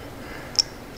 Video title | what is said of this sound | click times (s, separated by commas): ⚡NEW! ADVANBLACK Road Glide Color Matched ATTACK Headlight Install⚡ | push it in, listen for the click, | 0.6 s